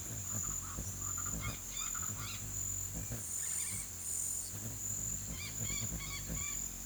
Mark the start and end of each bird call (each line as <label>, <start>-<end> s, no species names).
bird call, 0.00-2.47 s
bird call, 3.39-4.09 s
bird call, 5.26-6.63 s